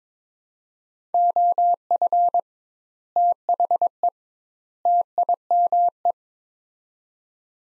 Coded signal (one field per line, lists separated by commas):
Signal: Morse code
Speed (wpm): 22 wpm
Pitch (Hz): 700 Hz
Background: none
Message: OF THE TIME